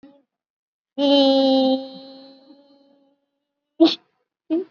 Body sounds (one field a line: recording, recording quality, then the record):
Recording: sustained vowel as in beet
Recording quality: excellent, no background noise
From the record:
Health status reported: exposed to COVID-19, no respiratory illness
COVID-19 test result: negative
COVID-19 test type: RT-PCR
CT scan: not taken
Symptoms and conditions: none ticked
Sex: female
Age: 23 years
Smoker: no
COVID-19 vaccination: one dose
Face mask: worn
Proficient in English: yes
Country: India